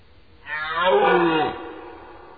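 Deer roaring: one hoarse, harmonic bellow about a second long, falling in pitch at its end.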